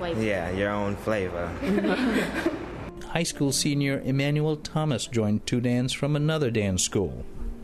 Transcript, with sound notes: Yes, your own flavor.
(LAUGHTER) High school senior Immanuelle Thomas joined TU Dance from another dance school.